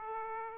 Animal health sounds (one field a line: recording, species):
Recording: mosquito wingbeat signal from an infrared sensor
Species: Aedes aegypti